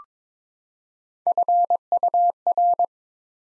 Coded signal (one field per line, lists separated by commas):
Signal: Morse code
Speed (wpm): 22 wpm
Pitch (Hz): 700 Hz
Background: none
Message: FUR